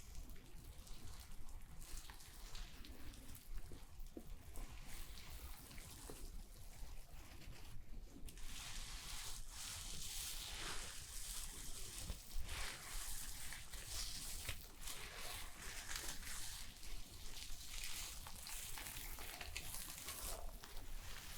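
Hair being shampooed and brushed gives a steady wet rustling hiss, growing brighter and denser after about eight seconds, with soft scattered scratches.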